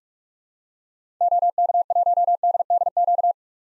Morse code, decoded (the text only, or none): OK1DDQ